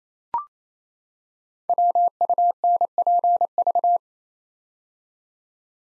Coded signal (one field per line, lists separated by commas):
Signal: Morse code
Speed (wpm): 28 wpm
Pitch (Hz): 700 Hz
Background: none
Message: WUNPV